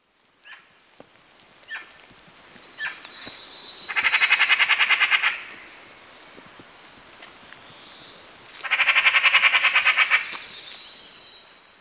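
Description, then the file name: Eurasian magpie chatter: two loud, harsh rattling bursts, each about a second and a half of rapid clacking notes, with a few scattered softer calls before them. "Pica pica"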